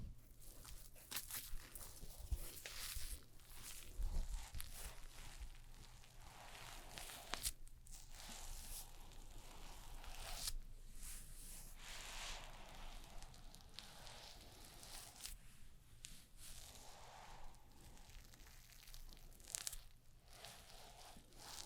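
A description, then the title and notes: Haircut and shaving sounds: dense, scratchy snipping and rasping that runs almost without pause through the whole stretch, with brief gaps near 7, 10 and 19 seconds. A steady low hum sits underneath, and a few sharp clicks and taps stand out around 2 to 4 seconds. ASMR SUPER Realistic Haircut and Shaving (Recorded Actual Sounds Layered) NO TALKING.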